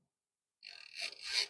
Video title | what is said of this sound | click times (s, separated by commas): Seat Belt Installation, Nuna Revv | you should hear a clicking ratcheting sound that sound will let you know the seat bel's now in locking mode | 0.7 s, 0.8 s, 0.9 s, 1.1 s